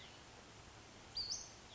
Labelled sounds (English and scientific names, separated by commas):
Western Flycatcher (Empidonax difficilis)